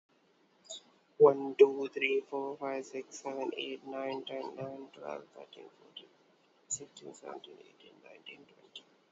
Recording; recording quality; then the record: counting at a normal pace; excellent, no background noise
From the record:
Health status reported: healthy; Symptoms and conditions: none ticked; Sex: male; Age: 28 years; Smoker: not ticked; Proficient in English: yes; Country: India